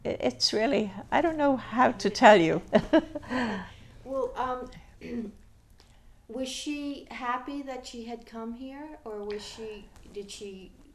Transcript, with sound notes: it's really, I don't know how to tell you. (she laughs)
Was she happy that she had come here or was she, did she...